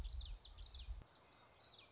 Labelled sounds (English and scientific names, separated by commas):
Common Yellowthroat (Geothlypis trichas)